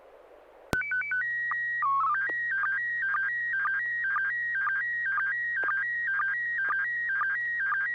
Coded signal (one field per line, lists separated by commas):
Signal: SSTV (slow-scan television)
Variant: PD 120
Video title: N6NA SSTV Net - 08/23/2023